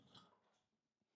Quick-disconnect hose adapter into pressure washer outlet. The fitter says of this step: like snaps right in uh why wouldn't you've just had this that way to begin with